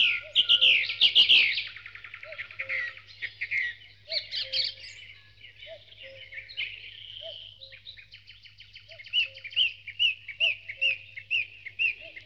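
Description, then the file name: Birds (dawn chorus): several birds singing together: a loud burst of trills opens, then varied chirps, with a lower repeated note and a series of high whistles. Dawn chorus, from a sound-effects collection. "Spectacular Sound Effects - Birds Dawn Chorus"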